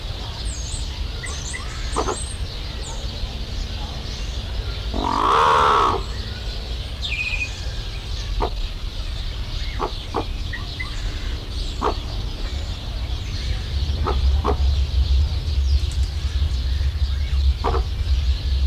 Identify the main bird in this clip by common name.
Green Imperial Pigeon